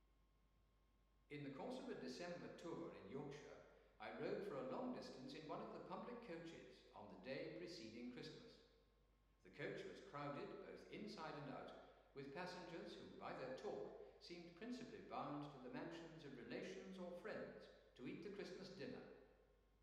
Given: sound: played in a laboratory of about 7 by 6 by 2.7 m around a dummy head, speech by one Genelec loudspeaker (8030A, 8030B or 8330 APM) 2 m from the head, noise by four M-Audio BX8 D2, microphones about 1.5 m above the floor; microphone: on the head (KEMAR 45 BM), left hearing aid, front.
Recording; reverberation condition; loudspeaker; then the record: male speech in English; high; 90 degrees to the left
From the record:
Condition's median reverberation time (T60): about 1300 ms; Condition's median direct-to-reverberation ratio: about -4.0 dB